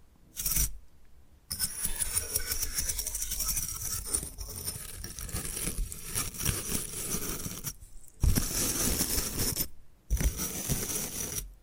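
Bamboo being scratched and brushed in dense, crackly bursts, with brief silences near one, eight and ten seconds and sharp taps between.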